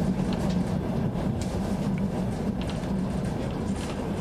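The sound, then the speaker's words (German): A Trans-Siberian Railway train travelling to Krasnoyarsk rolls steadily along the rails with a continuous low rumble, faint rhythmic clacks and squeaks rising over the dense, even roar of the carriage. No one speaks. “In der transsibirischen Eisenbahn fahren wir in die Stadt”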